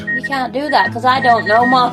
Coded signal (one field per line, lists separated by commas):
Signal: Morse code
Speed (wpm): 29 wpm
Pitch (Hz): 1850 Hz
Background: speech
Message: DAY